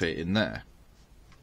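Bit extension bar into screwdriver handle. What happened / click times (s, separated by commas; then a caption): The metal extension bar does not seat in the handle / none. Someone talks briefly, then a metal bit extension bar from a Rolson 26-piece tool set, turned the other way round on a second try, is pushed toward a screwdriver handle, making two faint short sounds near 1.3 and 1.4 seconds. It still does not fit, and nothing has seated or clicked into place.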